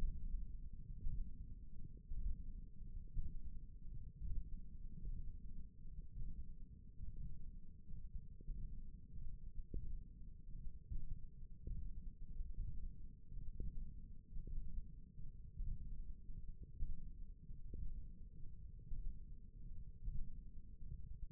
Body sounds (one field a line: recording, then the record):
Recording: forearm muscle sounds (acoustic myography)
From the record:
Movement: index flexion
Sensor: system 1, eight BSWA MPA416 microphones around the upper forearm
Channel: 1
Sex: male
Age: 23 years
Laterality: right